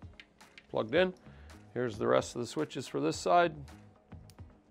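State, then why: Seated. Someone talks while pushing the plug for the rest of the handlebar switches into its mating connector, while installing custom throttle-by-wire handlebars on a Harley-Davidson motorcycle. A few faint ticks come early on, and a short sharp click at 4.3 s marks the switch harness connector seating. It is then given a pull.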